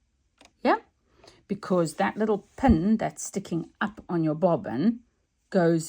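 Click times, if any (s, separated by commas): 0.5 s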